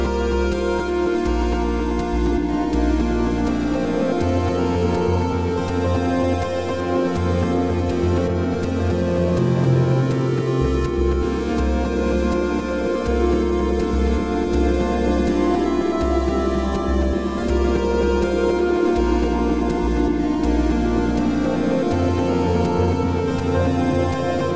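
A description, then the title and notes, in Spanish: Old video game console sounds form a steady, dense musical loop with a pulsing bass line shifting notes every few seconds and bright tones above. Un paisaje sonoro que remite a los sonidos de las consolas viejas de videojuegos.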